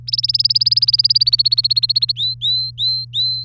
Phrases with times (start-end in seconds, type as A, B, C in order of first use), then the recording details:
0.07-2.12 A, 2.16-3.44 B. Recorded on 3 May 2018 at 13:38. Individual llb3